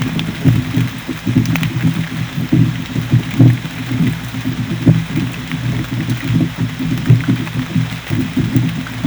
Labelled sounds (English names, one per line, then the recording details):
none
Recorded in dense forest near Puerto Asís, Putumayo, Colombia, on 22 December 2024 at 18:00
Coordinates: 0.486, -76.317
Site G003